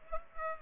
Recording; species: mosquito wingbeat signal from an infrared sensor; Culex pipiens